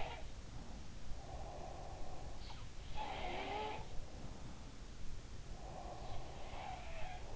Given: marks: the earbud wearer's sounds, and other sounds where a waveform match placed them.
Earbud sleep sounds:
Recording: sounds in sleep by an in-ear microphone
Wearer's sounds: breath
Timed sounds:
0.00-0.94 s: sound from someone else or the room
1.13-2.69 s: breath
2.69-4.97 s: sound from someone else or the room
5.33-6.56 s: breath
5.91-7.36 s: sound from someone else or the room

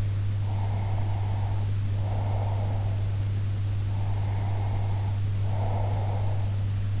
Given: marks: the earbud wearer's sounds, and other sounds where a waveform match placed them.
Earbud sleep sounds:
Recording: sounds in sleep by an in-ear microphone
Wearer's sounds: breath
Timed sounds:
0.50-2.96 s: breath
3.98-6.47 s: breath

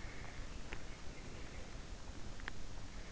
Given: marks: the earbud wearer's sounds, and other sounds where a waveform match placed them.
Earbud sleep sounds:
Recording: sounds in sleep by an in-ear microphone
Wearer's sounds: teeth grinding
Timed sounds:
0.00-1.10 s: teeth grinding
2.08-3.12 s: teeth grinding

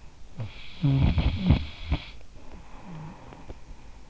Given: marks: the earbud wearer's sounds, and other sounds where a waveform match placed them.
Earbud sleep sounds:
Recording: sounds in sleep by an in-ear microphone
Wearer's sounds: snoring breath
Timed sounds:
0.35-4.10 s: snoring breath

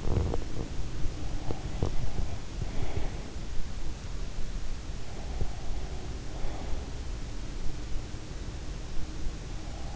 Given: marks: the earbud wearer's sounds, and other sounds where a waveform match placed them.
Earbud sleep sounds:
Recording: sounds in sleep by an in-ear microphone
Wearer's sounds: body movement, breath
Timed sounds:
0.00-3.19 s: body movement
5.22-6.75 s: breath

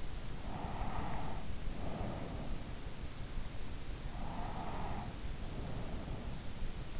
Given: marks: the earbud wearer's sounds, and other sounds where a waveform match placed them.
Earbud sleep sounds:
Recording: sounds in sleep by an in-ear microphone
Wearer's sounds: breath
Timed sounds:
0.37-2.93 s: breath
3.91-6.99 s: breath

